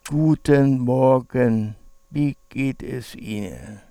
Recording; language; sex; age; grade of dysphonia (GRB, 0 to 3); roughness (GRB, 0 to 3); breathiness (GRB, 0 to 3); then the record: spoken sentence; German; male; 60 to 69 years; 3; 1; 0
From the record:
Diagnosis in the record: central laryngeal movement disorder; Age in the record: 67 years